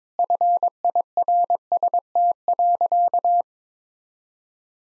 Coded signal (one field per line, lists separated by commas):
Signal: Morse code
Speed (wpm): 22 wpm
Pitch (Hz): 700 Hz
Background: none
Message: FIRST.